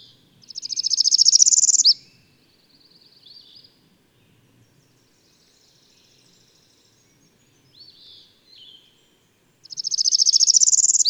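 Bird song: a rapid high trill opening and another near the end, separated by faint thin whistles and short chips.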